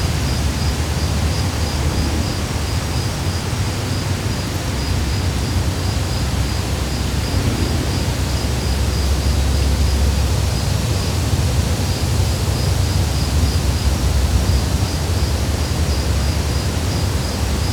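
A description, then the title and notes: Wind rushes steadily through the woods, a dense, unbroken hiss with a low rumble, while a faint high insect-like pulsing repeats throughout. Wind and the Woods.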